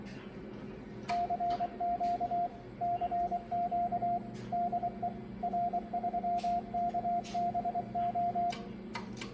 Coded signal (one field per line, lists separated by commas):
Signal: Morse code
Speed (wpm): 23 wpm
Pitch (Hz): 700 Hz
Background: radio noise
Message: CQ CQ DE R3KBO